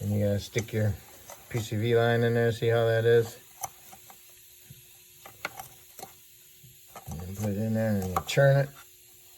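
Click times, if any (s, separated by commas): none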